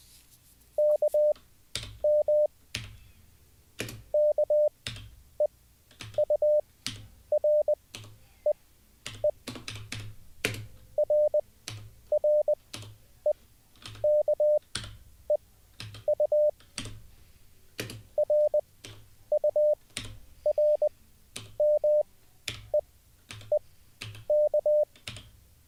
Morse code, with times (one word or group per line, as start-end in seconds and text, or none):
0.8-2.5 KM
4.1-9.3 KEUREE
11.0-16.5 RREKEU
18.2-24.8 RURMEEK